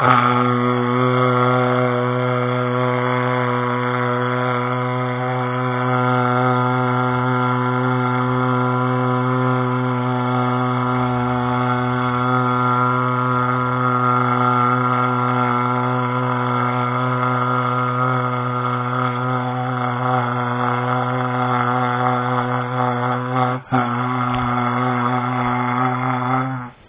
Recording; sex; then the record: sustained vowel /a/; male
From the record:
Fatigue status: no fatigue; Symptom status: asymptomatic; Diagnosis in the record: COVID-19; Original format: 3gp